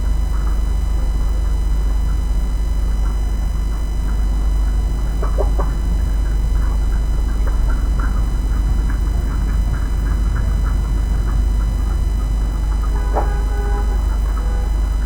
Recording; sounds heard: poultry house recording; sick chickens (respiratory disease)